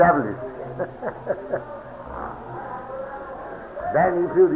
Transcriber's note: laughs